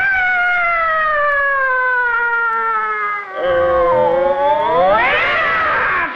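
A long, drawn-out wailing voice, like yowling cats, slides slowly down in pitch for several seconds, breaks briefly, then swoops up and down again loudly. A performer imitates a cat-fight yowl in the crosstalk piece Fen He Wan performed by Hou Baolin and Guo Qiru.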